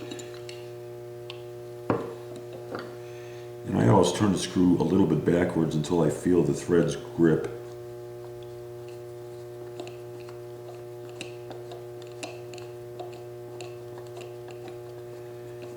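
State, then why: Stripped. A small screw is turned backwards until its threads catch, then driven into a threaded hole in the metal advance plate of an Oldsmobile 4-4-2 W-30 distributor, making faint scattered ticks over a steady low hum while someone talks. The threads do not hold and the hole is stripped, so the screw spins and nothing seats or clicks into place.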